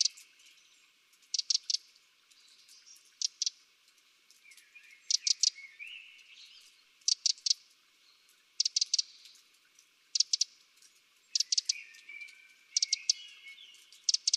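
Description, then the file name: Eurasian wren calling with hard, clicking tick notes in short runs of two or three, repeated steadily about every one to two seconds. "Troglodytes troglodytes"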